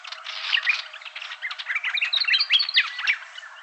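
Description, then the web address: Willie wagtail with a busy jumble of chirps, squeaky notes and short whistles, crowded and uneven. Garden bird recorded in Canberra gardens. "canberra-garden-birds fantails willie-wagtail"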